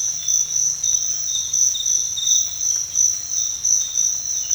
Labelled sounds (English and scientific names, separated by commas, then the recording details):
none
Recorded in dense forest near Puerto Asís, Putumayo, Colombia, on 22 December 2024 at 06:00
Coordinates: 0.468, -76.322
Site G071